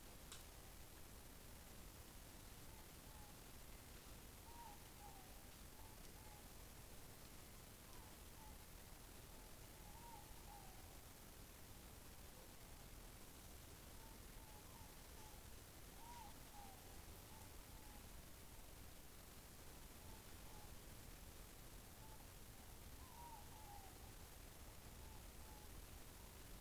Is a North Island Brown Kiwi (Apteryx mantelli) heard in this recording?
no